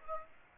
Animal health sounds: mosquito wingbeat signal from an infrared sensor; Aedes aegypti

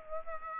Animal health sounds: mosquito wingbeat signal from an infrared sensor; Aedes aegypti

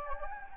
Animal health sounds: mosquito wingbeat signal from an infrared sensor; Anopheles gambiae

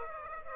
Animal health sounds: mosquito wingbeat signal from an infrared sensor; Aedes aegypti

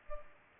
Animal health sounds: mosquito wingbeat signal from an infrared sensor; Culex pipiens

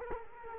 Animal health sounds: mosquito wingbeat signal from an infrared sensor; Culex quinquefasciatus

